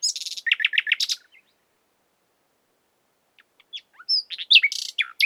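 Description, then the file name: Common nightingale song: a buzzy opening and quick repeated notes, a pause of about two seconds, then a new phrase of whistles and harsh buzzes. "Luscinia megarhynchos"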